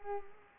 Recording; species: mosquito wingbeat signal from an infrared sensor; Culex pipiens